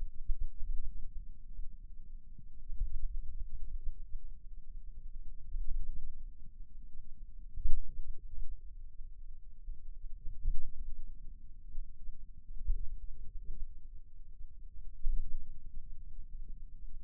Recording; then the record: forearm muscle sounds (acoustic myography)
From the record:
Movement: pen grasping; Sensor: system 2, bracelet of six BSWA MPA416 microphones around the upper forearm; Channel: 5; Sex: male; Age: 22 years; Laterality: right